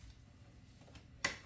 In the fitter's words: there you go clicked on in a